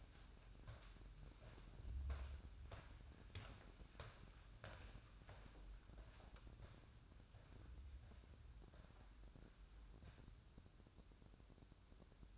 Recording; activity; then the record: daily activity, microphone in the room; walk to room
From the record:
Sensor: 2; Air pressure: 1008.0 hPa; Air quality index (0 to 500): 115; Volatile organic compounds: 1 ppm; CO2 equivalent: 856 ppm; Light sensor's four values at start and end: 7/17/7/7 and 8/18/7/7